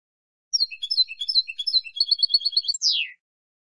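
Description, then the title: European goldfinch song: varied high twittering notes, then a rapid even trill, ending with a drawn-out descending buzzy slur; nothing else audible. "Jilguero"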